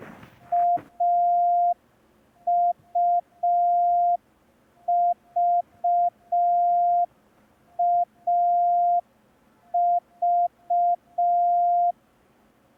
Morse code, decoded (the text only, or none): AUVAV